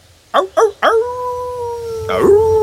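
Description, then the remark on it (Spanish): A wolf in a forest gives three short, sharp yelps, then breaks into a long, steady mid-pitched howl that wavers and swells louder near the end. No one speaks. “Espero que no haya lobos.”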